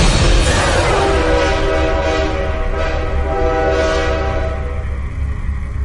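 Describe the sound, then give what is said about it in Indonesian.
A train horn blares with steady harmonic tones over the loud, continuous rumble of a train passing on a colonial-era railway line by a house in Bandung, Indonesia, the roar holding strong throughout before easing slightly at the end. “Dan sepertinya jalur kereta di rumahku ini bukan dibuat di era modern, melainkan di masa-masa penjajahan.”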